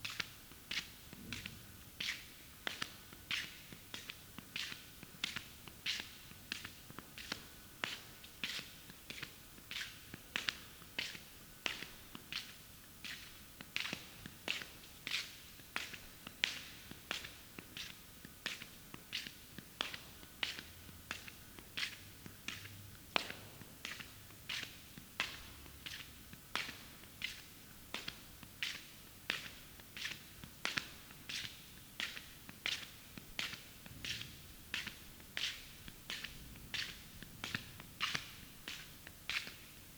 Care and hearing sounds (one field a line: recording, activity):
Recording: daily activity, guitar pickup as the sensor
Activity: walk